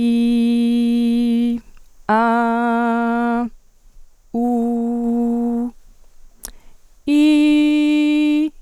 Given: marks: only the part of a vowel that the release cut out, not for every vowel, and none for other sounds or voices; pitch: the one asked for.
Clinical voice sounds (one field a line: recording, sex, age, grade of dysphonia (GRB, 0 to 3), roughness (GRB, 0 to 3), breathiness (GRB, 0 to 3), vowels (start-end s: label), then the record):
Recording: sustained vowels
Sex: female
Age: 20 to 29 years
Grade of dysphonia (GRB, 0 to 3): 0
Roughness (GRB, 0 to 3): 0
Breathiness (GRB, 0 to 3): 0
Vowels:
0.00-1.49 s: vowel /i/, normal pitch
2.17-3.38 s: vowel /a/, normal pitch
4.40-5.62 s: vowel /u/, normal pitch
7.13-8.42 s: vowel /i/, high pitch
From the record:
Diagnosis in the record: healthy voice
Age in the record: 20 years